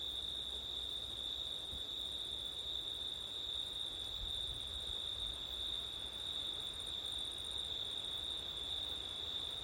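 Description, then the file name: Crickets: a continuous high trill plus a higher pulsed buzz coming in short repeated phrases, with wind gusts rumbling low. Crickets recorded on a September night with wind. "crickets wind september night ortif"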